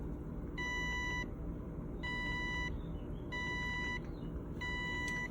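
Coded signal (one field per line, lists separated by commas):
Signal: beep code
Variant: Neptune ATK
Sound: four evenly spaced electronic beeps, each about half a second, over low hum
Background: low pump rumble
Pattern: 4 short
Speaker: So here it is, 4 short beeps.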